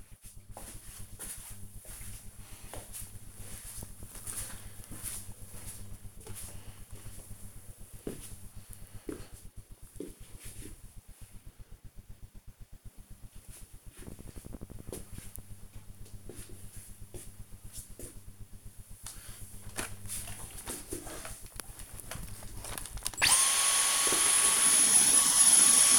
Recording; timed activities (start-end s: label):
household activities, microphone on the right wrist
20.08-25.99 s: vacuum cleaning